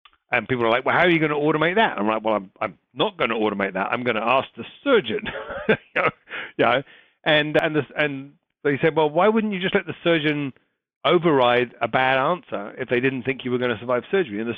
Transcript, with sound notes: And people were like, “Well, how are you going to automate that?” And I’m like, “Well, I’m not going to automate that. I’m going to ask the surgeon.” [laugh] And they said, “Well, why wouldn’t you just let the surgeon override a bad answer if they didn’t think you were going to survive surgery?”